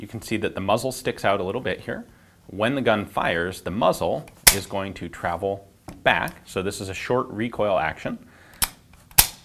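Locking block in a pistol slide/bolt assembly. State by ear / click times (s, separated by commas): released / 9.2 s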